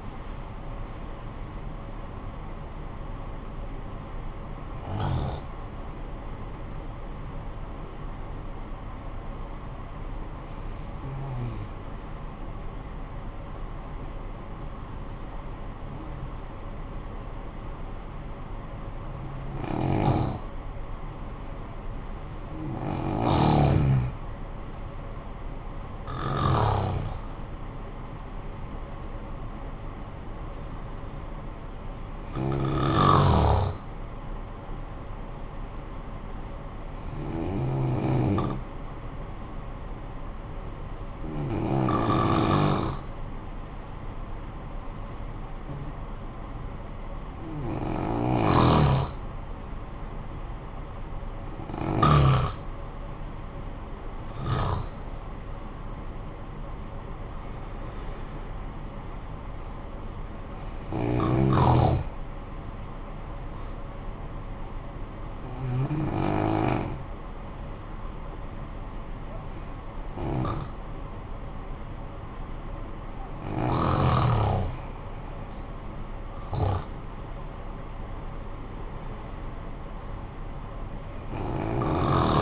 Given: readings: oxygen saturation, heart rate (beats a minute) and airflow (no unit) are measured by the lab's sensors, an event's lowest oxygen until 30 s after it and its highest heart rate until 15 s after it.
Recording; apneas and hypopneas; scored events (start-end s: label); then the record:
breathing in sleep by a smartphone at the bedside; 2
11.00-27.70 s: hypopnea (N1, oxygen 95% highest, then 90% lowest, heart rate 58 at the start, 69 highest)
42.00-58.70 s: hypopnea (N1, oxygen 94% highest, then 90% lowest, heart rate 55 at the start, 64 highest)
From the record:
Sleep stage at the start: N1 (lightest sleep); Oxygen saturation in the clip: 90 to 95%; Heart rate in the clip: 54 to 76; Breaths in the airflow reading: 17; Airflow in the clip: -11.8 to 10.7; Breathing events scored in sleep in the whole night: 445 in 7.6 hours asleep